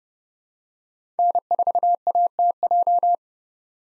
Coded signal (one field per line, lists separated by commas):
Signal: Morse code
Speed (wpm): 30 wpm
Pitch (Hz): 700 Hz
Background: none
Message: N4ATJ